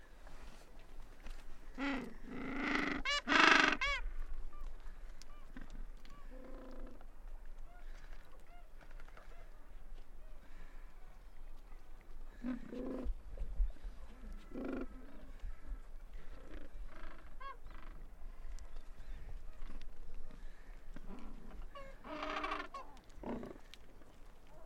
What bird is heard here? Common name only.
Gentoo Penguin